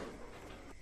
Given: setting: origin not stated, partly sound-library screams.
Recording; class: one-second piece from a danger detection set; normal situation